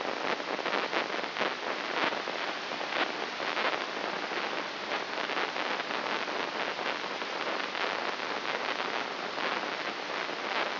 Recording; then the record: brain microelectrode recording played as sound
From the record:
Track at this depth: inside the subthalamic nucleus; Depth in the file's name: 3.42 mm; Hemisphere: left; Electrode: 3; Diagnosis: Parkinson's disease